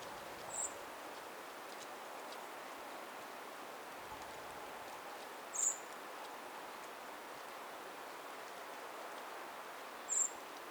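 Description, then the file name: Eurasian blackbird giving three thin, very high single notes spaced roughly five seconds apart, with low continuous background hiss. "Turdus merula"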